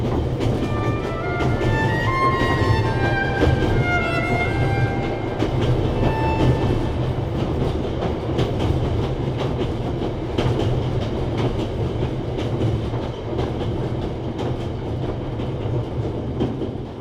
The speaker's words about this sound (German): Es gibt so viele Züge, so unendlich viele Züge. Ich bin jetzt Reisender. Ich reise in Zügen, die durch Deutschland fahren.